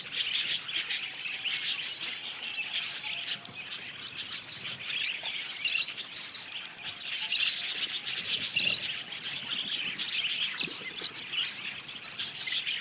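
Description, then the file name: Continuous parakeet chatter from many birds, a steady wash of high twittering and chirping notes without pause. A flock of parakeets calling together. "suara kawanan burung parkit"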